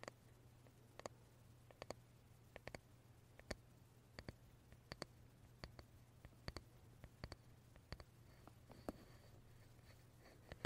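A wooden brush taps in sharp, irregular clicks roughly every half second, over a soft rustle and a low steady hum throughout.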